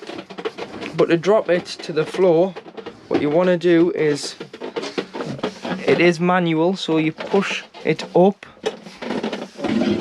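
Someone talks while handling the manual adjustable dining table in the lounge of a Chausson Titanium Premium 777GA motorhome, pushing the table up, with a few short knocks and rattles from the table mechanism around 4.5 to 5.4 seconds. The table is not yet lowered to coffee-table height, and its height mechanism has not clicked in to lock.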